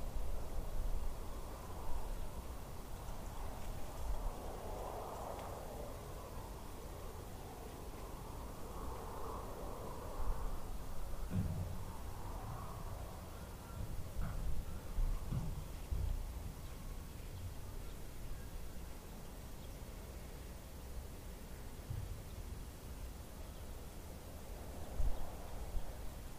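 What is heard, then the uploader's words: Steady wind roars low in a small Midwest town, with gusts swelling every few seconds and faint clunks and a passing vehicle. On today's episode we enjoy a binaural recording of winds in a small Mid West town.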